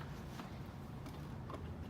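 The folded soft top frame of a 2019 Jeep Wrangler JL is handled and pushed toward its stow latch, with low rumbling background noise, scattered handling sounds and a brief tap near 1.5 s. Nothing has seated or clicked into the stow position yet.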